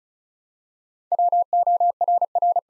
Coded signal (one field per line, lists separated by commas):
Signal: Morse code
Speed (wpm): 36 wpm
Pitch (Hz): 700 Hz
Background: none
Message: WORR